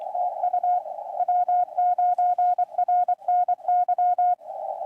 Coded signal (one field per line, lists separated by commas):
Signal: Morse code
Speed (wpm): 24 wpm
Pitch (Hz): 720 Hz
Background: none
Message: TU W9RNY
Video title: KI5WWT Winter Field Day 2025 - Live Stream Day 2